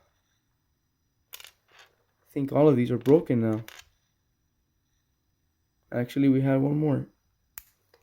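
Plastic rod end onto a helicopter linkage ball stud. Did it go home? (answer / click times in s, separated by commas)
yes / 7.6 s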